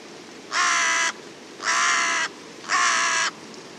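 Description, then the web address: Bird giving three evenly spaced, harsh caws, each about half a second long, in a steady rhythm over light hiss. "cianscape. Deverinetal 2025. Bird Only"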